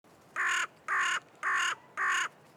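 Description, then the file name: Carrion crow giving four harsh, hoarse caws, each about a third of a second long, evenly spaced roughly every half second, over a quiet background. "Corvus corone"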